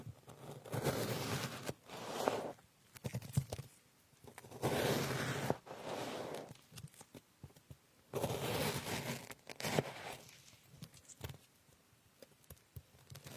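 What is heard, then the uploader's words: Strawberries are being cut, heard as several wet, crackling bursts of slicing, each lasting one to two seconds, at roughly 0, 2, 4.5, 8 and 10 seconds. Between the cuts come quieter gaps with small clicks and taps of the knife. Cutting fruits like strawberries.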